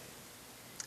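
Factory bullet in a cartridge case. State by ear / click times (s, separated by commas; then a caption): released / 0.8 s. A factory 5.7x28 bullet is pressed deeper into its brass case with a seating die, with a steady low hiss in the background. A short, sharp pop sounds at 0.8 s as the glue bond holding the bullet in the case breaks and the bullet comes free.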